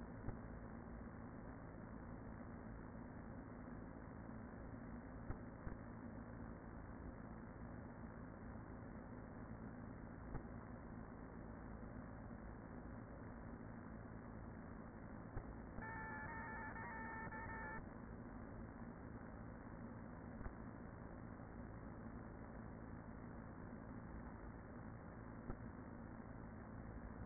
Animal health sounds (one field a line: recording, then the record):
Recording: honeybee colony, microphone inside the hive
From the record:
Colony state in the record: queen present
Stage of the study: after two queens were removed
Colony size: about 40,000 bees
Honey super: no